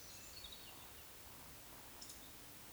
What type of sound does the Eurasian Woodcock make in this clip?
whistle, croak